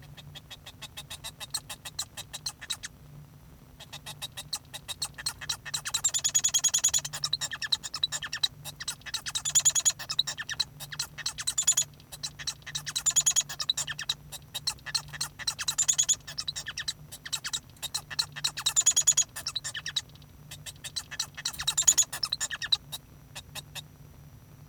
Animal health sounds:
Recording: song of a male Bengalese finch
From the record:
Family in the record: son of father 1

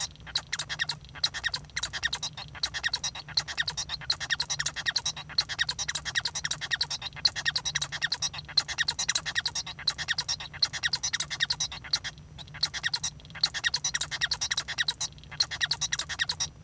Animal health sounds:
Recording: song of a male Bengalese finch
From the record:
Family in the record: son of father 1

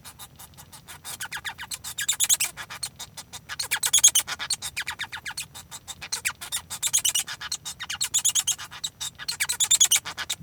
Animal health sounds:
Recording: song of a male Bengalese finch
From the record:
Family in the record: son of father 1

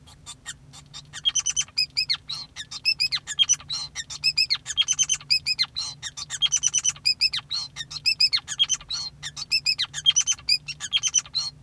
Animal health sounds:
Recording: song of a male Bengalese finch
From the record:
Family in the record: son of father 5

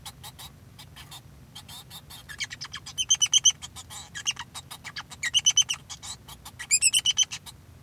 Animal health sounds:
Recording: song of a male Bengalese finch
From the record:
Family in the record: son of father 2

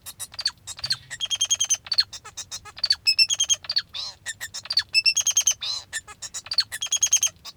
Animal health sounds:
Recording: song of a male Bengalese finch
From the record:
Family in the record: father 2

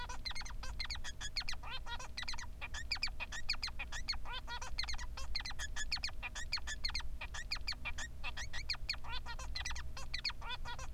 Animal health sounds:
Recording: song of a male Bengalese finch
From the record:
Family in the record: son of father 3

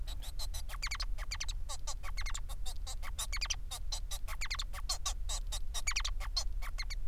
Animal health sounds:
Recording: song of a male Bengalese finch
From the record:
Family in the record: son of father 4

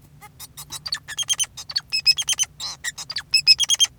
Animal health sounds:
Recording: song of a male Bengalese finch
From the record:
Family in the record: son of father 2, and himself father 4

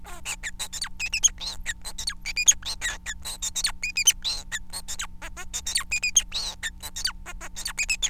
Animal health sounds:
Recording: song of a male Bengalese finch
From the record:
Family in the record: son of father 4

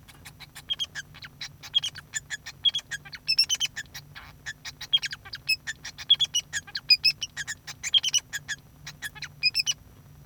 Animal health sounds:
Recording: song of a male Bengalese finch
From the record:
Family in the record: son of father 2

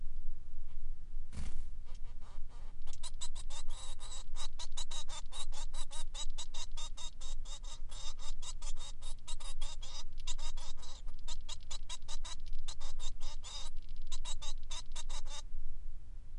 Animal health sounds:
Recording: song of a male Bengalese finch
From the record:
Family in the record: son of father 3

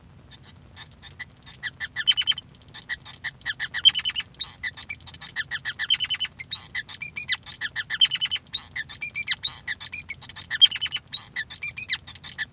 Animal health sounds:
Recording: song of a male Bengalese finch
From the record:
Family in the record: son of father 5

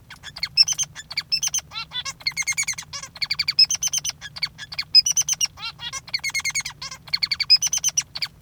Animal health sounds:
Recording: song of a male Bengalese finch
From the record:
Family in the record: father 3

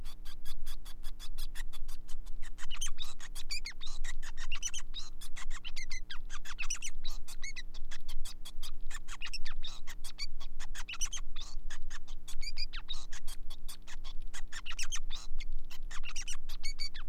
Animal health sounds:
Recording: song of a male Bengalese finch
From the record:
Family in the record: son of father 5

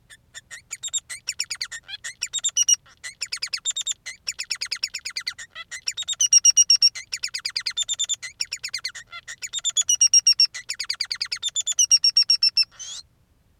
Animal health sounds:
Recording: song of a male Bengalese finch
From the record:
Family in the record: son of father 3

